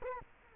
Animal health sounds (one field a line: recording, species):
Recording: mosquito wingbeat signal from an infrared sensor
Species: Culex quinquefasciatus